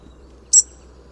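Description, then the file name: European robin uttering one short, piercing high-pitched note that fades quickly, with a quiet background otherwise. "Erithacus rubecula"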